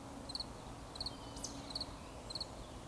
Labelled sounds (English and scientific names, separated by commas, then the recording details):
Eurasian Woodcock (Scolopax rusticola) whistle
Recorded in Baden-Württemberg, Germany, on 11 June 2020 at 20:08 UTC
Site 24578, 122 m above sea level